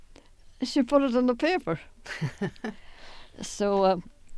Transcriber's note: laughs